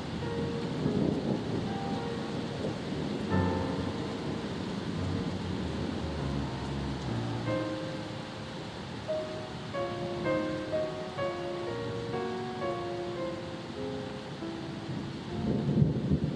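A steady wash of sea storm sounds, rumbling waves and a rain-like hiss, runs under a slow, gentle melody of soft sustained notes. The music grows busier after the midpoint, while the surf swells louder at the start and again near the end.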